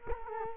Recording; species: mosquito wingbeat signal from an infrared sensor; Culex quinquefasciatus